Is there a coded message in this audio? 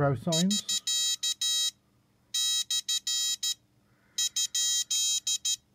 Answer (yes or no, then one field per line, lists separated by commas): yes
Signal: Morse code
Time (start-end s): 0.3-5.5 s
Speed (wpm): 13 wpm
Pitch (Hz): 3200 Hz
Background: speech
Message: <SK> / ?